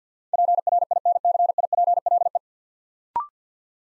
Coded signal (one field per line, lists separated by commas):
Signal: Morse code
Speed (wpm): 48 wpm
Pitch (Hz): 700 Hz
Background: none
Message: PRINCIPLE